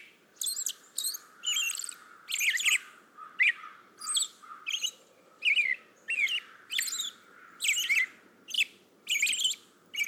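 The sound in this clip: American robin song, a steady run of short warbled phrases repeated about three every two seconds, mixing clear mid notes with high, thin squeaky notes over a low background hiss.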